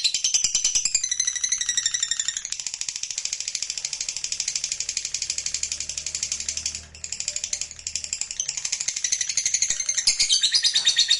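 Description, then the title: Lovebird in a steady, rapid, high-pitched chattering rattle, scratchy and continuous with only a brief dip in the middle. Used to provoke a reluctant lovebird into singing spontaneously. "LOVEBIRD Malas Bunyi JADI GREGET SPONTAN Langsung NARIK"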